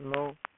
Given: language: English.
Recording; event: throat vibration sensor signal played as sound; speech